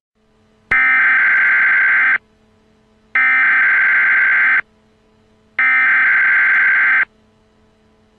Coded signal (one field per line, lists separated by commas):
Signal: Emergency Alert System (SAME) tones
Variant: header bursts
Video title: The Emergency Alert System: 20 Years, 20 Activations